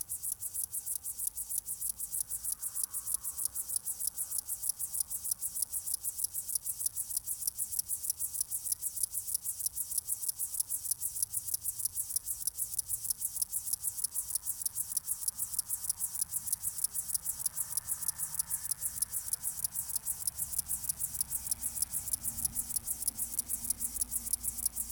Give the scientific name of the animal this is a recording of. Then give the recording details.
Chorthippus apricarius. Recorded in the wild. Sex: male. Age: adult. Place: Bernau bei Berlin, Barnim, Brandenburg, DE. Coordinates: 52.6615, 13.6402. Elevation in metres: 90. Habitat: orchard meadow. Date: 2023-08-12 17:29. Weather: 25°C, no wind. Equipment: Smartphone Huwai P20 Lite, Batcorder app. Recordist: Frommolt, Karl-Heinz